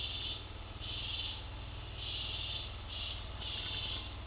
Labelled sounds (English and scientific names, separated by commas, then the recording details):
none
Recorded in dense forest near Puerto Asís, Putumayo, Colombia, on 9 March 2025 at 09:30
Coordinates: 0.503, -76.323
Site GP09